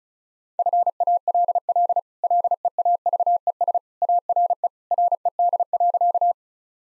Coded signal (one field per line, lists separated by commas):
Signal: Morse code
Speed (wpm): 36 wpm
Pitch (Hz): 700 Hz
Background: none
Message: FALL LEAVES ARE RED.